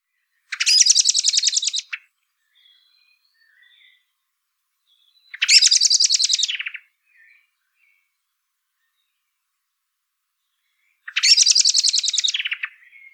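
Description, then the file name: Common blackbird rattling chatter, three bursts of fast harsh notes, each about one and a half seconds long, spaced roughly five to six seconds apart, with faint soft notes between. "Turdus merula"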